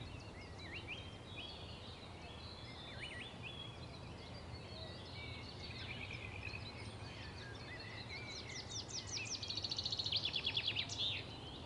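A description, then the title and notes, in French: Birds call and chirp through a forest over a low steady rumble, with a bright rapid trill rising near the end. Le son des oiseaux en forêt.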